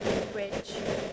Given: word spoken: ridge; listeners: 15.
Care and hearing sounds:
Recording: one English word in noise, from a listening test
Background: noise modulated by three-talker babble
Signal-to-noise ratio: -5.0 dB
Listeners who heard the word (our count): 1 of 15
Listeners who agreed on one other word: 13 of 15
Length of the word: 0.73 s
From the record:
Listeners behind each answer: 13, 1, 1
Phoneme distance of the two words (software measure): 7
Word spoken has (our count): 1 syllable, 3 phonemes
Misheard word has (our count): 1 syllable, 4 phonemes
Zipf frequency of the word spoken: 3.77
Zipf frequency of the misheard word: 4.71

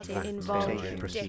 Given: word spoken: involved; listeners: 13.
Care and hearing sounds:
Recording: one English word in noise, from a listening test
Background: four-talker babble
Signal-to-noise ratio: 0.9 dB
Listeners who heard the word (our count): 2 of 13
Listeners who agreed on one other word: 11 of 13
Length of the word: 0.89 s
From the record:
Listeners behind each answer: 11, 2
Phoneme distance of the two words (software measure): 7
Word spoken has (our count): 2 syllables, 7 phonemes, stress on syllable 2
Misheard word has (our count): 2 syllables, 6 phonemes, stress on syllable 2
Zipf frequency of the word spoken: 5.10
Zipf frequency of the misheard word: 4.07

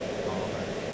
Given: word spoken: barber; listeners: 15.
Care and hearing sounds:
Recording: one English word in noise, from a listening test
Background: speech-shaped noise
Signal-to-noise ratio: -5.4 dB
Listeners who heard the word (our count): 0 of 15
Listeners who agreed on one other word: 9 of 15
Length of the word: 0.53 s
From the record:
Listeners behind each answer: 9, 2, 1, 1, 1, 1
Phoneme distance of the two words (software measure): 17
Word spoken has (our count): 2 syllables, 5 phonemes, stress on syllable 1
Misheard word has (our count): 2 syllables, 4 phonemes, stress on syllable 1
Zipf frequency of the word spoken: 3.63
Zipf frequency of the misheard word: 3.89

